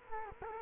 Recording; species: mosquito wingbeat signal from an infrared sensor; Culex quinquefasciatus